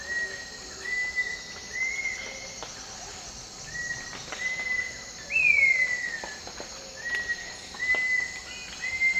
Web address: sound Cinnamon-attila